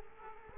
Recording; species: mosquito wingbeat signal from an infrared sensor; Culex quinquefasciatus